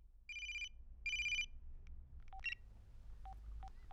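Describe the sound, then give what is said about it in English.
A telephone rings in two loud, high-pitched electronic bursts, each with a buzzy warbling tone, followed by a few short, quieter beeps. No one speaks. “But that's not quite the end of the scene, because at that very moment, the phone rings.”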